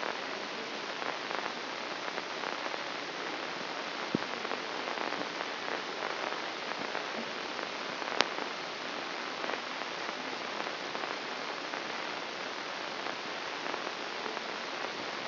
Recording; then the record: brain microelectrode recording played as sound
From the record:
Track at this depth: inside the subthalamic nucleus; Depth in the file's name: 6.305 mm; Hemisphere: left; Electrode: 2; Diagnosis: Parkinson's disease